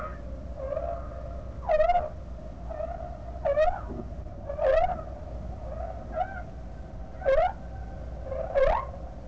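Whale calls: loud, wavering, harmonic squeals that rise and fall, coming every second or two, with softer tonal moans between them and a steady low hum beneath.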